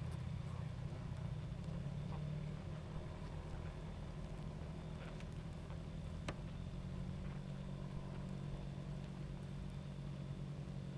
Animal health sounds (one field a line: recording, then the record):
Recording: honeybee colony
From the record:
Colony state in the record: active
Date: 28 July 2017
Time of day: 22:52